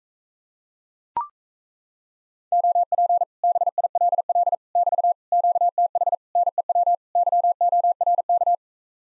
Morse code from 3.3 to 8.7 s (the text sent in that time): BILL <BT> QTH NEW YORK